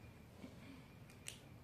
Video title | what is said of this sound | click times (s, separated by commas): Intervensi Lanjutan ke 13 Bina Diri | Nah, itu baru kekunci. | 1.3 s